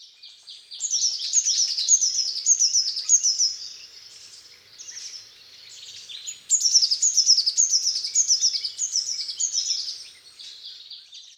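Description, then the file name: Eurasian blue tit in two bursts of rapid, high, thin notes, each a string of repeated phrases about half a second apart, with a quieter stretch between. "Cyanistes caeruleus"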